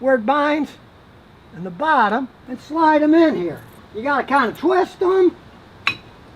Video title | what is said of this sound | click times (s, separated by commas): If You See This, Stop Driving and Pray | then they snap in place. There's one, then we snap this one in on the inside. | 5.9 s